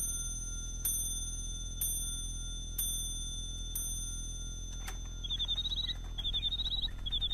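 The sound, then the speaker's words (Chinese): A mechanical bird-song clock, a gift from the Empress Dowager, strikes four bright, ringing chimes about a second apart, then bursts into rapid, high-pitched chirping trills in short repeated bursts, like a tiny mechanical songbird. “你替我把这座鸟鸣钟送给詹天佑，这是太后赏给我的，以后你多注意他一点。”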